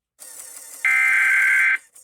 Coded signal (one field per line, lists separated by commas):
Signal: Emergency Alert System (SAME) tones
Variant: header bursts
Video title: HERE'S ORANGE! Broadcast Radio/Online Stream EAS: Required Monthly Test (EAS #652)